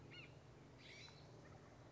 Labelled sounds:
California Scrub-Jay (Aphelocoma californica)

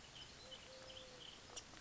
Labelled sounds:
Eurasian Collared Dove (Streptopelia decaocto)

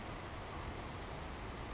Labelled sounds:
Savannah Sparrow (Passerculus sandwichensis)

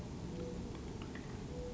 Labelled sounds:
Mourning Dove (Zenaida macroura)

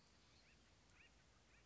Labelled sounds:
Acorn Woodpecker (Melanerpes formicivorus)

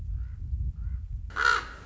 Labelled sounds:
Common Raven (Corvus corax)

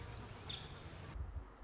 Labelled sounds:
Nuttall's Woodpecker (Dryobates nuttallii)

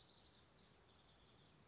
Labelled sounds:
House Wren (Troglodytes aedon)

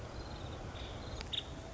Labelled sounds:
Nuttall's Woodpecker (Dryobates nuttallii)

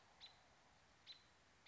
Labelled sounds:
American Robin (Turdus migratorius)

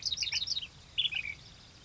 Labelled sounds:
Ash-throated Flycatcher (Myiarchus cinerascens)

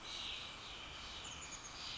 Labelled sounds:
Chestnut-backed Chickadee (Poecile rufescens)

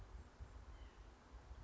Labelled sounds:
White-breasted Nuthatch (Sitta carolinensis)

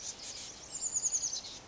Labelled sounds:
Pacific Wren (Troglodytes pacificus)

